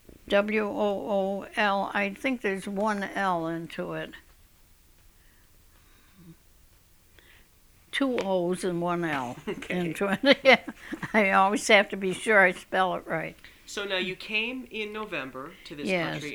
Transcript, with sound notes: W-O-O-L, I think there's one L into it. Two O's and one L. ( they laugh )
Okay.
I always have to be sure I spell it right.
So now you came in November to this country.